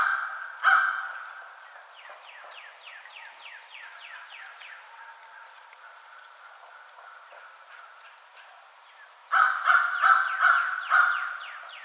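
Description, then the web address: American crow caws, one loud caw early, then softer quick rasping notes, and a burst of several harsh caws near the end. Recorded 21 March 2007. "American Crow 2007 03 21"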